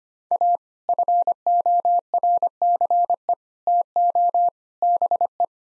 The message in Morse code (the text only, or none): A FORCE TO BE